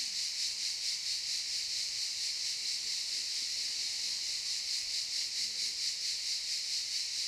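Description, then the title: Cicadas keep up a loud, high buzzing drone with a soft rhythmic pulse roughly twice each second, no pauses throughout. Cicadas in the pine forest of a campsite at Albinia, Grosseto, Tuscany, Italy. "Camping Africa, Via Aurelia, Albinia, Grosseto, Toscana, , Italia - Cicale nel campeggio"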